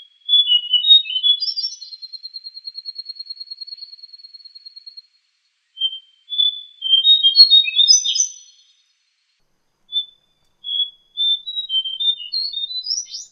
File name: suara cingcoang coklat